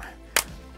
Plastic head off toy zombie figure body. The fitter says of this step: tiny hole oh wow you hear that snap